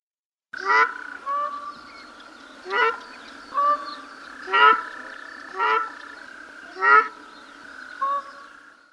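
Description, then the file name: Ruddy shelduck calls: several nasal honks at irregular intervals, some louder and some softer, over a steady faint tone. "Tadorna ferruginea"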